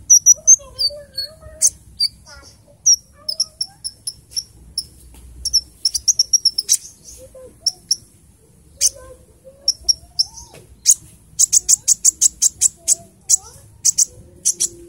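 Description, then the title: Small bird twittering with high, clipped chirps that speed into a rapid run near the end, alongside faint lower whistled glides. "Burung Kecil 1"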